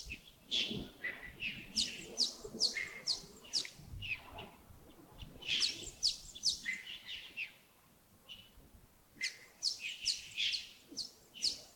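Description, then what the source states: Birds chirping in rapid high series, several bouts of sharp twitters separated by brief lulls, low background noise. Birds recorded in early morning at Yagongding (亚公顶), 28 December 2025, about 07:40.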